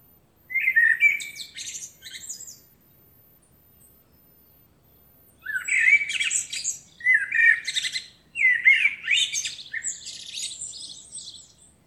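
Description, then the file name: Common blackbird song: a short fluty phrase, a pause of about three seconds, then three more warbling phrases, each ending in high scratchy twitters. "Turdus merula"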